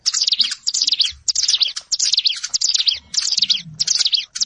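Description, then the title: Prinia song: bright buzzy chattering phrases repeated in quick succession, separated by short pauses. Recorded in a rice field. "Ciblek Sawah"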